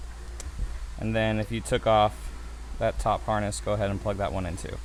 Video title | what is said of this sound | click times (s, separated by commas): Accessorides Plug And Play Remote Start System - Toyota 4Runner Install/Review | sure it clicks. And | 0.4 s